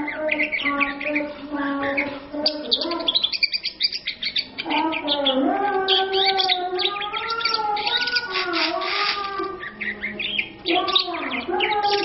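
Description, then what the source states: Oriental magpie-robin song: a rich, varied stream of whistled phrases mixed with rapid chirps and trills, shifting pitch often with brief pauses between bursts. Champion bird singing vigorously; used as a tutor (masteran) song.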